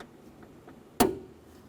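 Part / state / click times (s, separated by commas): door lock rod retaining clip on exterior door handle / seated / 1.0 s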